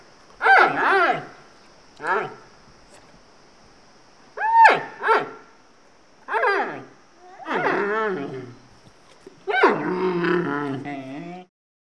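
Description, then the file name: Panda barks and growls, six bursts across twelve seconds, the later ones longer and harsher with rough, rasping tones and bleating pitch sweeps. Two animals barking and growling. "Hollywood Edge - Two Pandas Bark and Growl"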